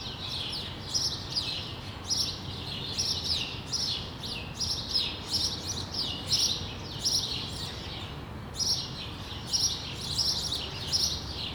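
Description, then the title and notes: Sparrows chirping, bright cheeps repeated in quick irregular series, over a low background rumble. Sparrows on Rue de l'épargne, Brussels, Belgium, on World Sparrow Day; Lom mikroUši microphones into Deity PR-2 recorder. "Rue de l'épargne, Bruxelles, Bruxelles-Capitale, Belgique - World Sparrow Day. Sparrows - moineaux"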